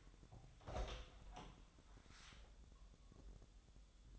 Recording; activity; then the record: daily activity, microphone in the room; open door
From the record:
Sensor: 3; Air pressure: 1004.9 hPa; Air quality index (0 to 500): 74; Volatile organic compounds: 2 ppm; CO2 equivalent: 1112 ppm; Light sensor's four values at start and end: 8/20/8/8 and 8/20/8/8